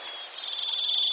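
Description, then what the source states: Varied thrush song note: one steady, buzzy, high whistle held throughout over a hiss of background noise. Denali, Alaska, 7 June 2014.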